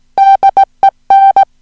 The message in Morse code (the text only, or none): DEN